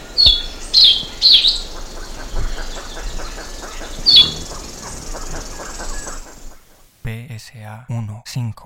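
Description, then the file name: Bird chirps, sharp high notes in a few bursts over quieter rapid ticking, then deeper pulsed sounds near the end. "SABIOD 50 bird 2015"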